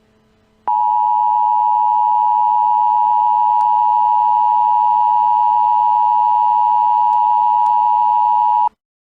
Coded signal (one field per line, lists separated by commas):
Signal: Emergency Alert System (SAME) tones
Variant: 853 and 960 Hz attention tone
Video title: Emergency Alert System- PA Black Friday Terrorist Attack Scenario